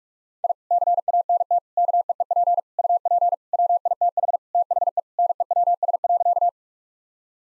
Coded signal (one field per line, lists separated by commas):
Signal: Morse code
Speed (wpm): 46 wpm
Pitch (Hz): 700 Hz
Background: none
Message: I CANT KEEP UP WITH THE NEWS.